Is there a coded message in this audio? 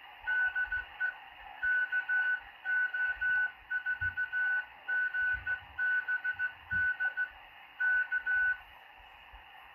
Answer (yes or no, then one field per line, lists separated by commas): yes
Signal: Morse code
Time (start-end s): 0.3-8.5 s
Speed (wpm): 16 wpm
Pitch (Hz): 1490 Hz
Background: none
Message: DE KO4GBD K